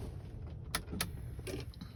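A worn metal AC compressor clutch is being removed from the compressor shaft of a 7.3 Powerstroke diesel pickup. When it unlocks, a sharp click is heard at 0.8 s, followed by further metallic clicks and rattles over a low background hum. The clutch is released.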